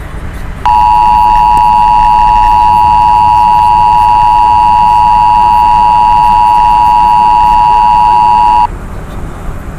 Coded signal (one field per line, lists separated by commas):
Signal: Emergency Alert System (SAME) tones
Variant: 853 and 960 Hz attention tone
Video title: ☢️Emergency Alert System(Nuclear Bomb Attack in America‼️WATCH BEFORE THEY DELETE THIS! PREPARE‼️☢️